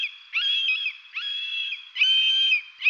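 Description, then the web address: Common buzzard giving drawn-out, level mewing notes, three in a row with a fourth just starting. "Buteo buteo"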